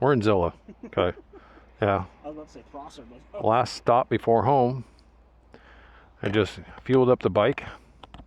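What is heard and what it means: Someone handles the fuel cap or seat latch on a small, brand-new Honda Dax motorcycle right after refuelling it. Several people talk throughout, with a few faint short ticks near the end. Nothing has clicked into place yet.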